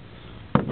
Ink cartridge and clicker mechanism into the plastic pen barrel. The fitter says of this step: push that down so it locks into place